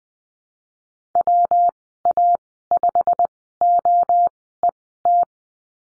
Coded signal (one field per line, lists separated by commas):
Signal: Morse code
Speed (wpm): 19 wpm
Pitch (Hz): 700 Hz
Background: none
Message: WA5OET